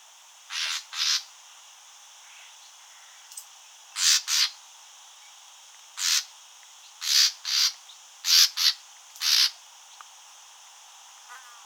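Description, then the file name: Common nightingale producing rasping grating calls, often doubled, at irregular intervals, with a faint background hiss. "Luscinia megarhynchos"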